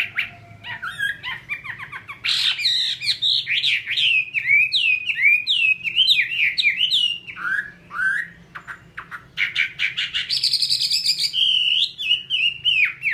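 Chinese hwamei song, a continuous, energetic stream of slurred whistles and rapid trills, rising sharply near the end, over a soft low hum.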